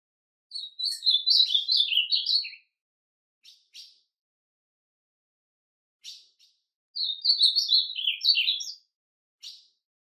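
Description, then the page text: Ultramarine grosbeak giving two warbled song phrases about four seconds apart, each sliding downward, with short clipped chips between and after them. "Azulão Bom De Canto! #azulão"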